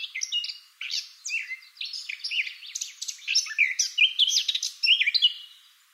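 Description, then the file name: Eurasian blackcap singing a rich, rapid warble of varied chirps and fluty notes, phrases bunched in quick bursts with brief pauses. "Sylvia atricapilla"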